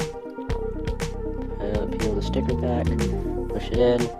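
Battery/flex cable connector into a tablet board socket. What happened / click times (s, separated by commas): The connector is being handled but has not yet seated / none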